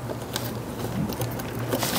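An electrical plug is pushed back onto the new plastic canister purge valve on the intake of a Ford Flex, replaced because the vehicle sputters and stalls with codes P144A, P1450, P2196 and P2198. A sharp click at 0.4 s marks the connector seating, followed by a few softer taps over a steady low hum. The plug ends up seated on the valve.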